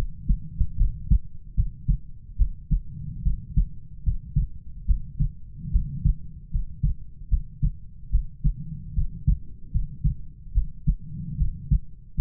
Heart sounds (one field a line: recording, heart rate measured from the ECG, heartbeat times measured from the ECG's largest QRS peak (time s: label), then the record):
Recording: heart sounds by stethoscope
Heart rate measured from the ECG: 74 bpm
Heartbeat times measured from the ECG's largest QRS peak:
0.77 s: heartbeat
1.54 s: heartbeat
2.37 s: heartbeat
3.23 s: heartbeat
4.03 s: heartbeat
4.86 s: heartbeat
5.71 s: heartbeat
6.51 s: heartbeat
7.29 s: heartbeat
8.10 s: heartbeat
8.94 s: heartbeat
9.71 s: heartbeat
10.53 s: heartbeat
11.37 s: heartbeat
12.15 s: heartbeat
From the record:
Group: healthy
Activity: rest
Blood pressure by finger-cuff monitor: 98/53 mmHg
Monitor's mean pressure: 69 mmHg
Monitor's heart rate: 73 bpm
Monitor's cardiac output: 7.2 L/min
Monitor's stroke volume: 97 mL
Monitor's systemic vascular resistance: 690 dyn s/cm5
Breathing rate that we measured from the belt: 23 breaths a minute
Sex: female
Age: 19 years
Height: 163 cm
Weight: 48.9 kg